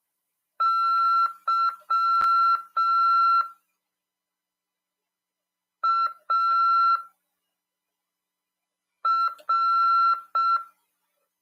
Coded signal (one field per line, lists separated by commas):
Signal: Morse code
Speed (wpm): 6 wpm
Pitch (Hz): 1350 Hz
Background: none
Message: YAR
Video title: RADIOAMADOR 3/10/2022 "AULA 13: CW, C.RODADA e LEGISLAÇÃO" PY2EXU PAULO SP/SP 22 ANOS de RAF/CRASP.